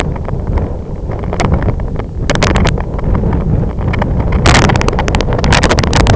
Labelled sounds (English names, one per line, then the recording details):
none
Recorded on Arctic tundra, site IGLO-F, on 25 June 2018
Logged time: 14:00